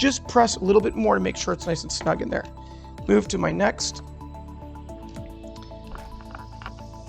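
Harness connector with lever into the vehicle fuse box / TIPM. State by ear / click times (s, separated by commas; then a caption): not seated / none. A harness connector with a lever is being lined up on the vehicle fuse box (TIPM) while someone talks over background music. After the talking, soft handling noises and small taps occur from about 5.2 s to 7.1 s as the next plug is positioned. Nothing has seated or clicked yet.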